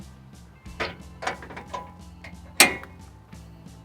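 The latch on the second swing-out arm of an Expedition One steel rear bumper on a Ram truck is pushed down after the arm is closed. A few light knocks and clunks lead to a sharp metallic click at 2.6 s, and the latch is locked into place.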